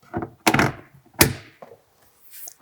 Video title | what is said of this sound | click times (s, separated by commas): Assembly Instructions, Upper Cabinet | them on and press them forward until you hear a click and your | 0.5 s, 1.2 s